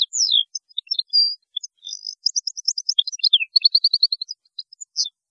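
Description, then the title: European goldfinch song, a fast tinkling twitter of high chirps and short buzzy trills, some notes sliding down, running almost without pause against a silent background. "Chant Chardonneret"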